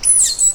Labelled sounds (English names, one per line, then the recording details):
Stitchbird song
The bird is a male
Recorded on Tiritiri Matangi Island, New Zealand, in 2005
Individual 3, of nest box 3